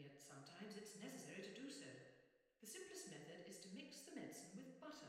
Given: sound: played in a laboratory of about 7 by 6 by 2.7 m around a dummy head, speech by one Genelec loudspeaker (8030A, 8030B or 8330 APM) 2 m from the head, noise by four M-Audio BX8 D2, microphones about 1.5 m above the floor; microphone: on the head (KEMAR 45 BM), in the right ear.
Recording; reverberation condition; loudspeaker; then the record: female speech in English; high; in front (0 degrees)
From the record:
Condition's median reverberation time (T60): about 1300 ms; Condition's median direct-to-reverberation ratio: about -4.0 dB